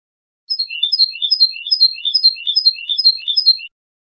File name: suara burung chardonneret atau goldfinch eropa om kicau